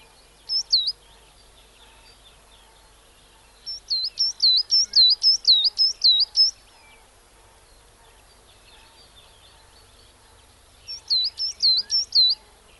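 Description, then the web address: Coal tit singing short bursts of high, bouncing two-note units: a brief phrase, then a longer run, and a final burst after a pause. "bbc Bird Song Site Coal Tit - Mesange (charbon )"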